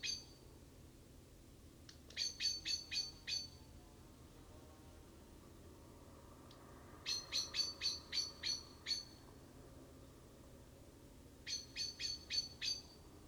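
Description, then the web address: Common blackbird chink calls in three separate bursts of rapid, sharp metallic notes, with quiet pauses of several seconds between them and a steady low background rumble. "SETE data Turdus merula"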